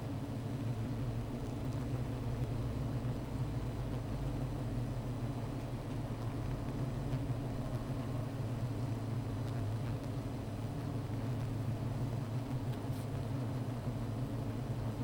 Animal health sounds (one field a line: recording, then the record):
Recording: honeybee colony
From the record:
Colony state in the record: missing queen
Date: 14 July 2017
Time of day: 15:17